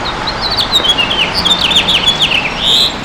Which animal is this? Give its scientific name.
Haemorhous mexicanus